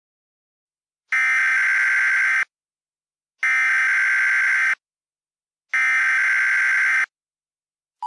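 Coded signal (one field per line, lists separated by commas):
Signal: Emergency Alert System (SAME) tones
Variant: header bursts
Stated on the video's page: Mock alert made for entertainment.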